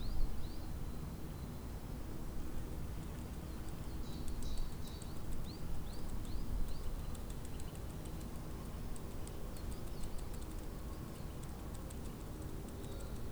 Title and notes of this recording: Spring Day Atop Tivoli. Recorded in Tivoli Park, in Ljubljana, Slovenia